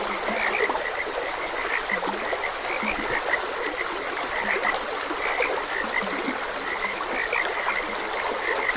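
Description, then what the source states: Dense chorus of frogs, short croaks repeating rapidly, some deeper notes underneath, all over a continuous trickle of water. Frogs croaking beside a gentle stream.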